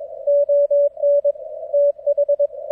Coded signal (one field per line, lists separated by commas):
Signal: Morse code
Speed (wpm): 22 wpm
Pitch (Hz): 570 Hz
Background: none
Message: ON TH